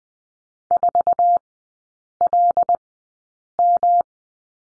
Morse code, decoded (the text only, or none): 4LM